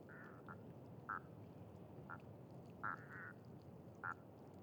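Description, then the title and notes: Duck calls, short nasal notes given singly at irregular intervals, some doubled, over a steady low background hiss. Ducks with unusual calls on a pond beside a site staging scarecrows in rather gory scenes; recorded with Sonosax SXM2D2, iPhone, MS mkh30/40 in Cinela PIA2. "Canards et Chants des Sirènes. Séquence magiques de canards aux chants particulier! Cet étang est à côté d'un site très particulier qui met en scène des épouvantails dans des scènes. . plutôt gore!"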